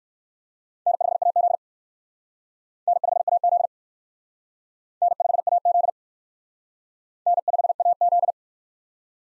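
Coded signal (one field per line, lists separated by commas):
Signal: Morse code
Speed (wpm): 56 wpm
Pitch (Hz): 700 Hz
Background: none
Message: N5AZ N5AZ N5AZ N5AZ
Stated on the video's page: Morse practice of USA 1x2 call signs, starting fast and slowing to a base speed; fastest is 1.5 times slowest, with a final repeat at maximum speed.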